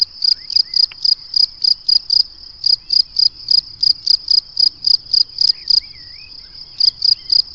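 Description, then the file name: Cricket giving regular shrill chirps, nearly four each second, pausing briefly near the end. "Le chant du grillon"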